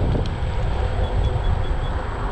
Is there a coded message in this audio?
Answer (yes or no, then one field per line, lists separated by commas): no